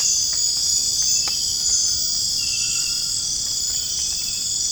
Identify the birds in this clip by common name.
none